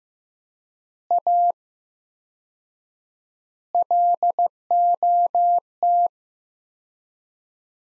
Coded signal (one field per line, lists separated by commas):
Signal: Morse code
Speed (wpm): 16 wpm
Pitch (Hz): 700 Hz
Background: none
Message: A LOT